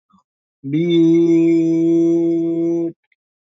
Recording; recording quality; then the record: sustained vowel as in beet; excellent, no background noise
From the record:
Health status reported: exposed to COVID-19, no respiratory illness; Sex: male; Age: 31 years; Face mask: worn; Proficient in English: yes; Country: India